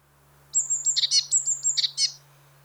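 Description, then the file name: Eurasian blue tit call: two quick phrases, each with high thin notes breaking into scratchy buzzy notes, over a steady low hum. "Cyanistes caeruleus"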